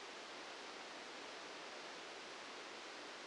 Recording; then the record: brain microelectrode recording played as sound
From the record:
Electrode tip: outside the subthalamic nucleus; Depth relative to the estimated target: -3 mm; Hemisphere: left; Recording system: NeuroSet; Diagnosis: Parkinson's disease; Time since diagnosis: 8 years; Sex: male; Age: 65 years